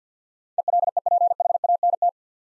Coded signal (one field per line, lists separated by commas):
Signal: Morse code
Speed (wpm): 47 wpm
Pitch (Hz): 700 Hz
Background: none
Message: ELEPHANT